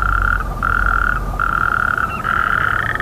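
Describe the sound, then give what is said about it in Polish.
Frogs croak at 11 o'clock in a pond beside apartment blocks, in long, buzzing trills, four sustained bursts separated by brief gaps, steady and fairly loud over a low background rumble, with no talking. “To coś niechętne są, żeby porechotać o godzinie 11.”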